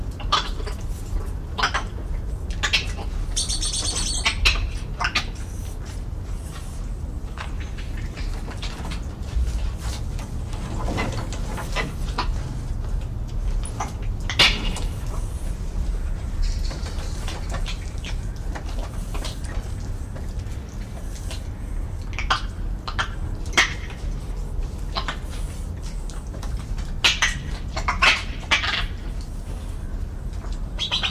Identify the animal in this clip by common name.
Black-handed Spider Monkey